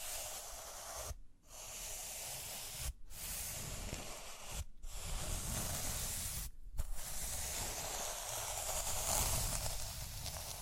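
Steady, dense brushing over rhinestones makes a continuous bright hiss, like a spray, with a low rumbling underneath. The strokes stop briefly four times, near 1, 3, 4.5 and 6.5 seconds, each a short hush before the brushing resumes at an even level.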